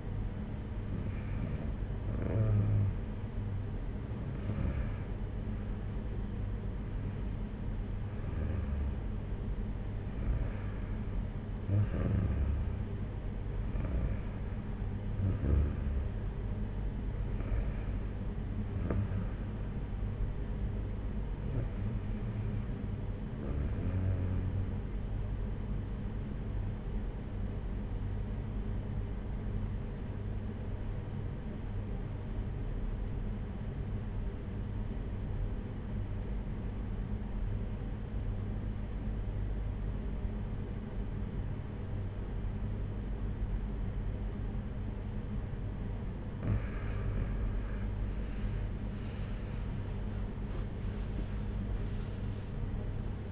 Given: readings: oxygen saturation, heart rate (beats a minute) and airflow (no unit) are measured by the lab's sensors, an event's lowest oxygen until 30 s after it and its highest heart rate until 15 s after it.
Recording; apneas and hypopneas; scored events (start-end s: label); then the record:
breathing in sleep by a smartphone at the bedside; 1
26.00-48.70 s: obstructive apnea (REM, oxygen 95% highest, then 88% lowest, heart rate 59 at the start, 72 highest)
From the record:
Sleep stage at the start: REM sleep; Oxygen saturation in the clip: 92 to 95%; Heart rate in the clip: 56 to 72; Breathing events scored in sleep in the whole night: 226 in 8.8 hours asleep